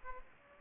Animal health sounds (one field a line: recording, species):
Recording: mosquito wingbeat signal from an infrared sensor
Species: Aedes aegypti